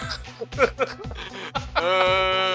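Some brief chatter and chuckling, then a steady, nasal goat-like bleat holds for most of the final second, loud and tonal with a wavering edge.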